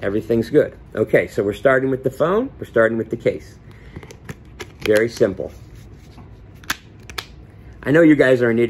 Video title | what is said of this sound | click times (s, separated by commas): Totallee Minimalist Case iPhone 12 Pro Max | did you see that did you hear those clicks I should have shown it while I was doing it I I'll hold it up again and do it | 6.7 s, 7.2 s